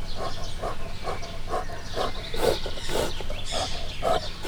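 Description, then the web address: Brown bear breathing in quick, rhythmic, breathy puffs, each short and hoarse, following one another about twice a second against a low steady hum. Captive brown bear in a zoo in Miskolc, 2018, heard from above while breathing and snuffling. "miskolcizoo 2018 professzionalis barna medve folulrolahogyanszuszog miskolczoo"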